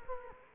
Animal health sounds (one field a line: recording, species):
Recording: mosquito wingbeat signal from an infrared sensor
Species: Culex quinquefasciatus